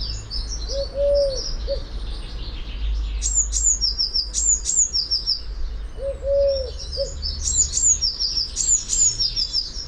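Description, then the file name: Eurasian blue tit giving high, thin calls with short descending notes in repeated bursts, while a low hooting coo sounds twice in the background. "Cyanistes caeruleus"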